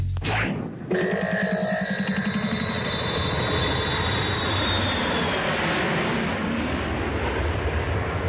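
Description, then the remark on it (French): A loud, steady airplane engine roar of a flight to Los Angeles kicks in after a brief moment, with a high turbine whine and droning tones riding over a constant rushing noise. No voices. “On se séchera dans l'avion.”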